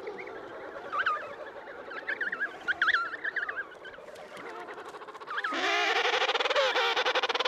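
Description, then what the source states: Emperor penguins in chorus, undulating trumpet calls rising and falling over a dense colony din, ending in a loud, harsh pulsed call. Colony of emperor penguins at Cape Crozier, Antarctica, studied by researchers.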